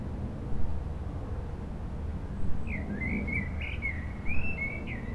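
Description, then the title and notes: Common blackbird delivering a single flowing phrase of mellow whistled notes in the second half, with a persistent low rumble of traffic. Blackbirds singing after sunset on a mild day, eve of the winter solstice, Rue Jacques Cartier, Aix-les-Bains, France, with urban traffic. "Rue Jacques Cartier, 73100 Aix-les-Bains, Auvergne-Rhône-Alpes, France - Merle du solstice. En cette douce journée les merles commencent à chanter après le coucher du soleil, passages d'avions, circulation urbaine demain c'est le solstice d'hiver"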